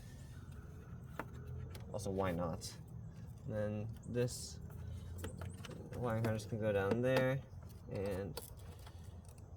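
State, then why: Not seated. Someone talks while a wiring harness is pushed down into its mounting clip in the engine bay, with a few brief handling taps around it. The harness does not click into place, because the plastic clip is broken and has not been replaced.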